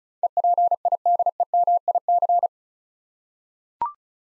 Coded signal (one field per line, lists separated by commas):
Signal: Morse code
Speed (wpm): 36 wpm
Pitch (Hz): 700 Hz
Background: none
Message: EPIDEMIC